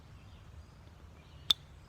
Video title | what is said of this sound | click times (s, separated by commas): Comet engine assembly .part2. Rings, pistons,and rods | and you'll hear it snap ready | 1.5 s